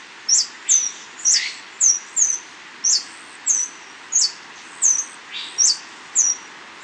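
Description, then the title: Scale-throated Hermit giving a run of sharp, high-pitched squeaks, roughly two per second, steady and evenly spaced over a soft background hiss. Subspecies Phaethornis eurynome eurynome, assumed from location. "LuckyPassaro Completos2Sama. Scale-throated Hermit (Phaethornis eurynome eurynome (ssp assumed from location))"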